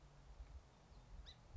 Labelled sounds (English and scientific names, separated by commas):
Song Sparrow (Melospiza melodia)